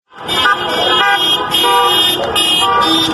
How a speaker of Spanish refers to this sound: En la provincia de Córdoba se pasó de los aplausos en reconocimiento a los trabajadores y trabajadoras de la salud a los bocinazos repudiando su criminalización.